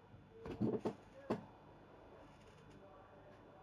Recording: background sound without coughing